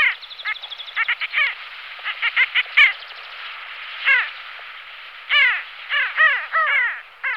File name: Stepokur krasny Pterocles alchata